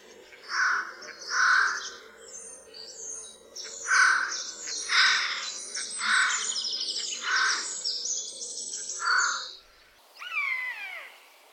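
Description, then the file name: Eurasian jay calling a series of hoarse, grating screeches roughly once a second. "SOJKA"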